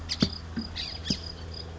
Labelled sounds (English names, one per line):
California Towhee